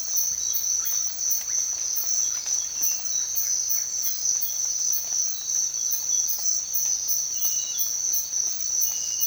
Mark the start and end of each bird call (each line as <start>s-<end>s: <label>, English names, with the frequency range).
0.00s-4.29s: Russet-backed Oropendola (0.8-2.7 kHz)